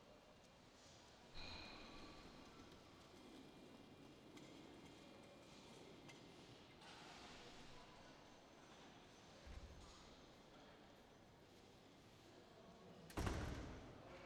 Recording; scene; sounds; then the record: everyday scene through a hearing-aid microphone; reverberant space; background noise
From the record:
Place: railway station hall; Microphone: in the ear canal, left